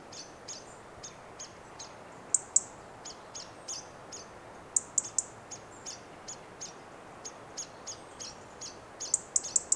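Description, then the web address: European robin ticking, clusters of sharp high clicks every few seconds over a continuous patter of faint, thin high notes. "SETE data Erithacus rubecula 291003"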